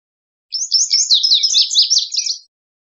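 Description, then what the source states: Lazuli bunting song: a brisk two-second jumble of high, sweet, slurred notes run together without a pause, with no other sounds. Recorded 23 June 2001.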